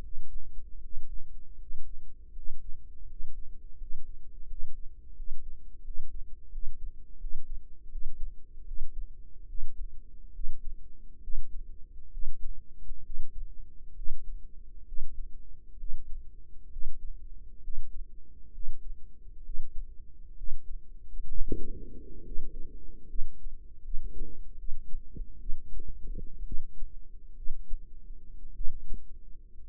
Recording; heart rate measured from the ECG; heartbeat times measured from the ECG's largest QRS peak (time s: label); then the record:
heart sounds by microphone in the right ear; 71 bpm
0.75 s: heartbeat
1.52 s: heartbeat
2.28 s: heartbeat
3.01 s: heartbeat
3.73 s: heartbeat
4.43 s: heartbeat
5.12 s: heartbeat
5.80 s: heartbeat
6.48 s: heartbeat
7.16 s: heartbeat
7.88 s: heartbeat
8.63 s: heartbeat
9.45 s: heartbeat
10.31 s: heartbeat
11.20 s: heartbeat
12.10 s: heartbeat
13.02 s: heartbeat
13.94 s: heartbeat
14.84 s: heartbeat
15.76 s: heartbeat
16.69 s: heartbeat
17.60 s: heartbeat
18.51 s: heartbeat
19.42 s: heartbeat
20.34 s: heartbeat
21.28 s: heartbeat
22.22 s: heartbeat
23.06 s: heartbeat
23.81 s: heartbeat
24.55 s: heartbeat
25.38 s: heartbeat
26.43 s: heartbeat
27.34 s: heartbeat
28.52 s: heartbeat
29.66 s: heartbeat
From the record:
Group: healthy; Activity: Valsalva maneuver 0-20 s, rest 20-30 s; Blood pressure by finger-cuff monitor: 118/71 mmHg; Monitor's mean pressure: 86 mmHg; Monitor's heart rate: 68 bpm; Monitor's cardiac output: 5.8 L/min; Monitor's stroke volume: 80 mL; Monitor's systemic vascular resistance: 1070 dyn s/cm5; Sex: female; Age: 23 years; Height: 160 cm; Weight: 50.4 kg